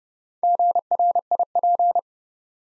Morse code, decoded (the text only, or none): GRIP